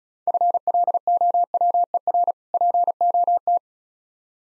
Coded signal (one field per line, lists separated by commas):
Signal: Morse code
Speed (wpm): 37 wpm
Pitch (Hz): 700 Hz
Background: none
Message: FLOWER POT